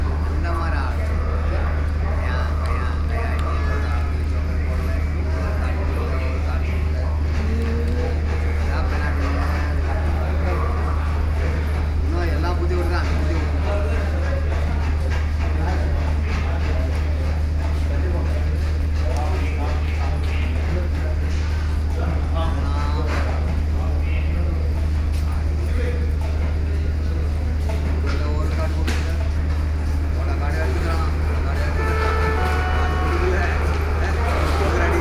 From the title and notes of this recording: Railway station : Bangalore City. Octobre 2009, Bangalore.